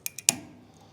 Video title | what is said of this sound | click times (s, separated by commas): 2016 Chevrolet Suburban LT Front Brake Job | usually just presses on yep there we go you hear that click | 0.3 s